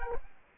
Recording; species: mosquito wingbeat signal from an infrared sensor; Culex quinquefasciatus